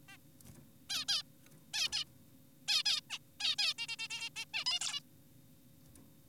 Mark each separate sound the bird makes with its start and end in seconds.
0.09-0.18, 0.90-1.05, 1.08-1.23, 1.74-1.88, 1.92-2.04, 2.68-2.83, 2.86-3.01, 3.10-3.18, 3.40-3.56, 3.59-3.74, 3.78-3.87, 3.89-3.96, 3.99-4.08, 4.10-4.30, 4.36-4.45, 4.54-4.64, 4.66-4.80, 4.81-5.00